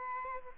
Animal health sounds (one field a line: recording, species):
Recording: mosquito wingbeat signal from an infrared sensor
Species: Aedes aegypti